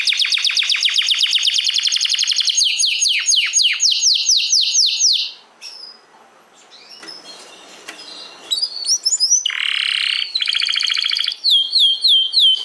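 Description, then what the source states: Domestic canary song opens with fast rolling trills and downward sweeps, breaks into a quiet gap with faint noise, then resumes with bright whistled phrases. Portuguese canary breed.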